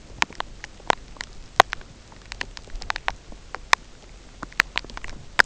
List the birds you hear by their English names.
none